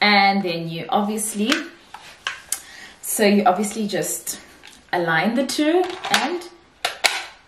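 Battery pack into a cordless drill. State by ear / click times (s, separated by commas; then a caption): seated / 7.1 s. A battery pack is lined up with a cordless drill's handle and pushed home while someone talks. A few short knocks come first, then the battery clicks into place at 7.1 s and is seated.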